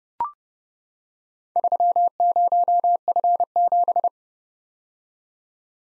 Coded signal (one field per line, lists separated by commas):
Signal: Morse code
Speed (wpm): 30 wpm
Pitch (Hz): 700 Hz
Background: none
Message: 30F7